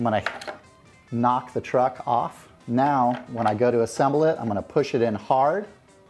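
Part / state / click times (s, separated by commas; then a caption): skateboard truck into quick-release lock mount on deck / not seated / none. Someone talks while handling a skateboard truck that is about to be pushed hard into its quick-release lock mount on the deck. The speech fills the clip and no sharp hit stands out. Nothing has seated or clicked yet; the truck is not yet locked home.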